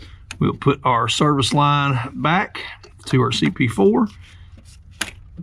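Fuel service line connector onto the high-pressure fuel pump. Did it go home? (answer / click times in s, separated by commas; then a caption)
yes / 5.0 s. Someone talks while the service fuel line connector is pushed back onto the CP4 high-pressure fuel pump fitting on a 2011-2016 Ford 6.7L Powerstroke diesel during a Fleece injector return fitting install. A single sharp click at 5.0 s marks the connector seating and locking down onto the pump.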